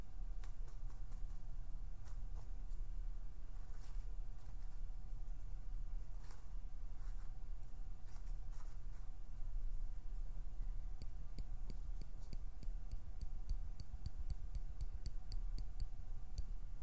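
Plucking, pinching and finger fluttering over a constant low rumble. Soft scattered clicks and snaps come every second or so at first, then from about eleven seconds a fast, regular run of bright ticks repeats until the end, steady in loudness throughout.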